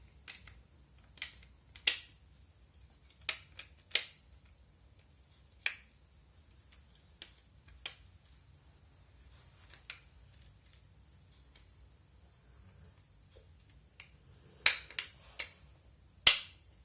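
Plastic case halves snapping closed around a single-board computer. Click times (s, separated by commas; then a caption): 1.9 s, 4.0 s, 5.7 s, 14.7 s, 15.0 s, 16.3 s. The two halves of a small plastic case are pressed together around a Raspberry Pi single-board computer so the snap locks engage. Sharp clicks sound at 1.9, 4.0, 5.7, 15.0, 15.0 and 16.3 seconds, with fainter ticks and handling noise between them. All the locks engage and the case closes.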